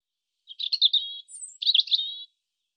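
European robin delivering two high warbling phrases separated by a very thin, sharp upper note, each phrase a jumble of liquid twitters and short whistles.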